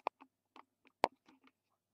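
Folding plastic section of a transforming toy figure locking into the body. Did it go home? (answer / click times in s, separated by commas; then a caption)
yes / 1.0 s. During conversion of a Transformers Universe 2.0 Sideswipe toy figure, a plastic section is folded down into the body, producing a series of light plastic ticks and clicks. A sharp click at 0.1 s is followed by the loudest snap at 1.0 s as the section locks into place, then a few softer ticks.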